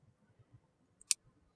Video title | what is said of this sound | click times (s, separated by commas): Learn how to create the Golden Eclipse Earrings by Fusion Beads | until you hear a little snap. Okay, | 1.1 s